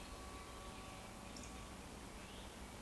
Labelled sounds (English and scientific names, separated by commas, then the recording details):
Eurasian Woodcock (Scolopax rusticola) whistle
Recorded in Baden-Württemberg, Germany, on 12 June 2020 at 19:55 UTC
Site 14569, 102 m above sea level